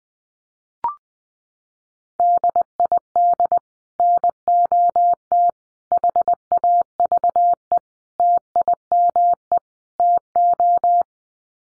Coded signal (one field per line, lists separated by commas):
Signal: Morse code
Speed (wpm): 19 wpm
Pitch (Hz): 700 Hz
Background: none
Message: DID NOT HAVE TIME TO